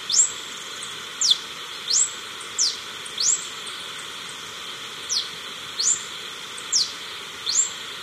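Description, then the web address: Yellow-throated bush tanager song: thin, high, sharply sliding notes, given a little under a second apart with one longer pause, over a constant background hiss. Recorded in Ecuador. "Natures Songs S America Birds of Ecuador. Yellow-Throated Bush-Tanager"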